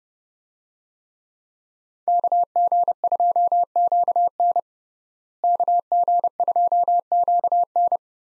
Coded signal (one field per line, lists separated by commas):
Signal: Morse code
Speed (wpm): 32 wpm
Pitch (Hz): 700 Hz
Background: none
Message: KG2QN KG2QN